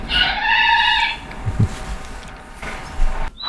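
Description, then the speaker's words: Eurasian otter call: a high, harmonic squeal held for about one second at the start, followed by low thumps and a faint rustling background. Adult male and female otters on camera-trap video in Kinmen; call differs from the cub's and sounds ill-tempered; pairs stay together briefly when breeding, with calls sounding like flirting to human ears. "就是那个比较大的水獭，它的叫声又不太一样。"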